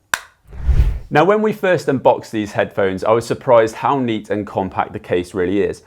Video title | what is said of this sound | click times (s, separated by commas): Marshall Mode II Review: Style Over Substance? | now i really enjoy the satisfying click when you open and close the case | 0.1 s